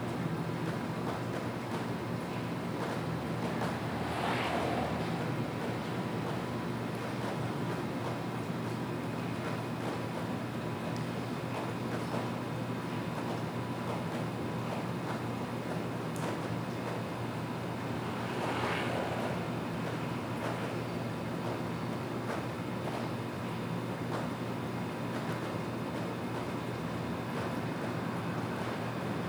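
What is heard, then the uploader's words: City ambience at nightfall in PingTung, Taiwan: a steady, dense low rumble of traffic over a constant hum. A passing vehicle swells up around 4 seconds and again near 19 seconds, and faint small clicks and knocks are scattered throughout. When the city slowly falls asleep. PingTung, Taiwan.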